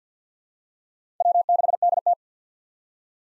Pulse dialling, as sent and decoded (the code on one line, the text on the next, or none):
none